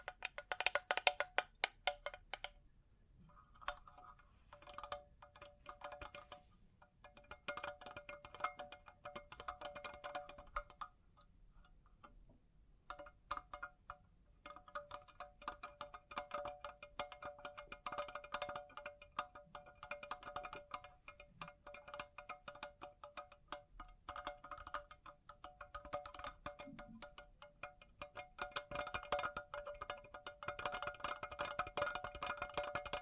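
Bling bling triggers: rapid, dense jingling and tinkling of small metal pieces, with a steady ringing tone beneath the clatter. Brief quiet pauses come around 3, 7 and 11 to 13 seconds, and the jingling grows busier toward the end.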